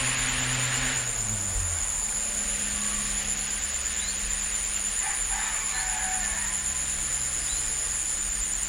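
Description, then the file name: Crickets chirring in a dense, steady high-pitched pulsing trill that runs throughout, with a low droning hum sliding downward in the first two seconds. Recorded in a village in Bali. "bali sirkat kyla"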